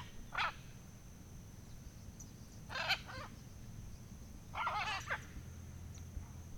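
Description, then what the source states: Macaws giving a few harsh, raspy squawks over a low rumble and a steady high thin tone. Recorded at dawn on a fazenda in Goiás, Brazil.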